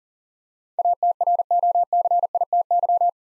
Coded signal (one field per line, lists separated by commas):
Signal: Morse code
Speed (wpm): 40 wpm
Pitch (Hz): 700 Hz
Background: none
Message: ATROCITY